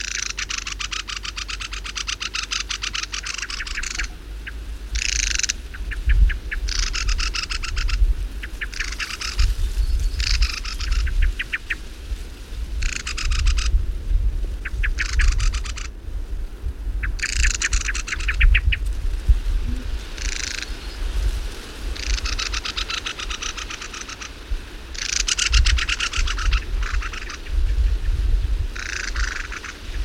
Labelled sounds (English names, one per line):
Mistle Thrush call